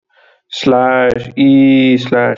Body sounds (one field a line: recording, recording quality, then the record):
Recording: sustained vowel as in beet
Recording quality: excellent, no background noise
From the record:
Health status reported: healthy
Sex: male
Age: 37 years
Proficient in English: yes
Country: India